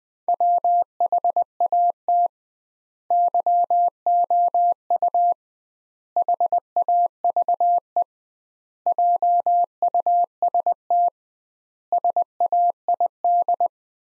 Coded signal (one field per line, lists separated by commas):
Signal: Morse code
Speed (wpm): 20 wpm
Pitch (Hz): 700 Hz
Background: none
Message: WHAT YOU HAVE JUST SAID